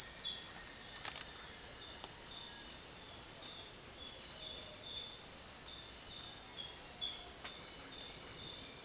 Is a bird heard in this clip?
yes